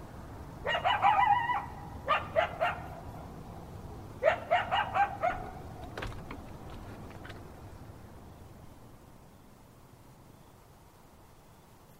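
Outdoor natural sounds with a rooster crowing twice, a long call near the start and another around four seconds, each with a stuttering rise and drawn-out tail. A sharp click lands near six seconds, then a low steady rumble carries on quietly to the end.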